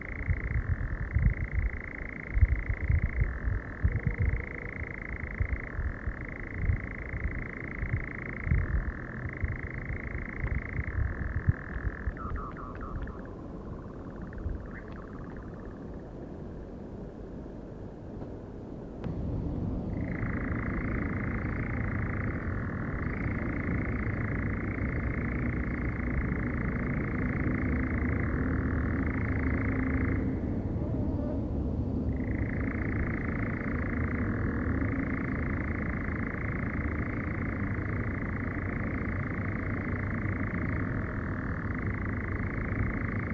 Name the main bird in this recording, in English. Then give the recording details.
Eurasian Nightjar. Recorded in the wild. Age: adult. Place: Federaun, AT. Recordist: Brunner, Thomas